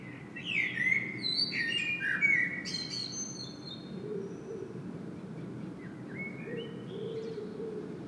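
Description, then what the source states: Common blackbird giving a loud fluty warbled phrase with high twittering ending, then a softer, quieter phrase; low steady background noise underneath. Common blackbird singing in Saint-Gilles, Belgium; Sony PCM-M10 internal microphone.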